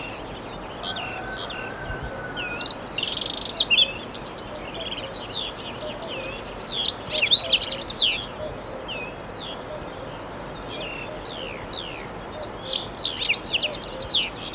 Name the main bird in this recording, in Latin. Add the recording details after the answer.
Saxicola rubetra. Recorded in the wild. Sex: male. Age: adult. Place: Radenthein, Gegendtal, Kärnten, AT. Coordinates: 46.8, 13.7. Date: 1971-05-14. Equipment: Uher 4100 Report-V, Sennheiser MKH 804. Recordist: Brunner, Thomas